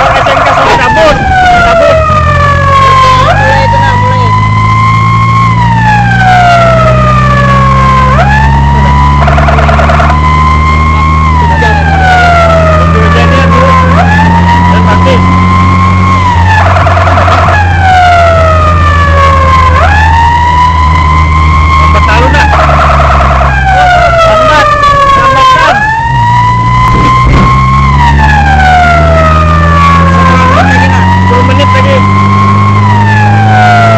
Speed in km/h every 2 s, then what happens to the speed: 34, 29, 38, 46, 50, 55, 59, 64, 67, 61, 57, 55, 32, 27, 37, 45, 50.
3-15 speeds up to 67. 15-24 brakes to 32. 27-34 speeds up to 50.